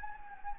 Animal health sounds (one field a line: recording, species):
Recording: mosquito wingbeat signal from an infrared sensor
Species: Anopheles gambiae